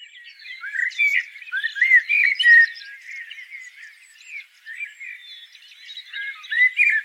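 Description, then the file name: Common blackbird delivering a continuous medley of mellow slurred whistles and scratchy chirps, rising and falling in loudness throughout. "Turdus merula"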